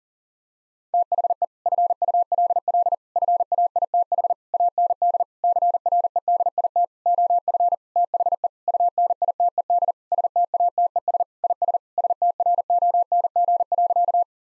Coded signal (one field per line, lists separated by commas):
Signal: Morse code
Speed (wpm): 40 wpm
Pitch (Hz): 700 Hz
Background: none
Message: THE FULL FAITH AND CREDIT OF THE UNITED STATES IS STRONG.